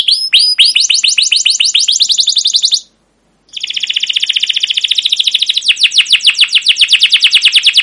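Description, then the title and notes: Canary song: rapid repeated chirps sweeping down from high pitch, a brief pause near three seconds, then a long fast trill of downward notes. Canary song with "cuit cuit" chirps, used as a lure and tutor recording for training young canaries to sing long and energetically. "CUIT CUIT NGEROL LANGSUNG GACOR PANJANG Kenari Ini AMPUH Utk Pancingan KENAR. PANCINGAN Kenari GACOR PANJANG Cuit CUIT EMOSI ini AMPUH utk MASTERAN Kenari PAUD belajar BUNYI. burung kenari"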